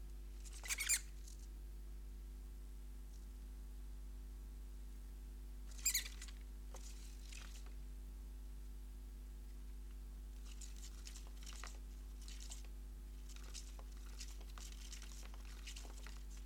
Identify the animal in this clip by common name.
Common Pine Vole